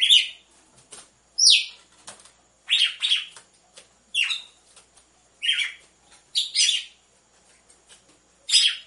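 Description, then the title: Red-cowled cardinal song: lively series of clear chirps and slurred notes, some doubled, spaced about a second apart, with soft ticking between them. Female song, used to warm up or stimulate males; set with the beat of two males. "Canto Galo Campina Fêmea 01. ESQUENTE GALO DE CAMPINA COM BATIDA DE DOIS MACHOS"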